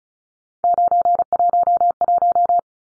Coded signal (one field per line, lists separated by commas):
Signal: Morse code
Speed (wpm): 34 wpm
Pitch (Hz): 700 Hz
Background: none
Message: 911